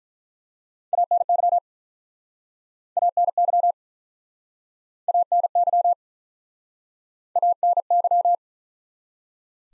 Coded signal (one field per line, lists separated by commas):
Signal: Morse code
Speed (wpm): 51 wpm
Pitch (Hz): 700 Hz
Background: none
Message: ANY ANY ANY ANY